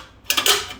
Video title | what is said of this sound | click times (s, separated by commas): Last part of 1994 Toyota 4Runner 3.0 locker install | there you have it snap right into place so make sure you put your baffles in correctly | 0.3 s